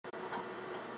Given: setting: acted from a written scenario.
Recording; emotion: vocal sound without words; neutral